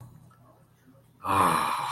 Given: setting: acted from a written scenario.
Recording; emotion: vocal sound without words; ecstasy